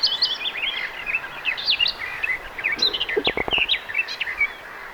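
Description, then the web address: Garden warbler song: a quick, gurgling warble of mixed notes, interrupted briefly by a few sharp low clicks partway through. Singing bird recorded 2 June 2025. "paivat 2 6 2025 myos tuollainen laulava lehtokerttu"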